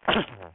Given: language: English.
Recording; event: throat vibration sensor signal played as sound; cough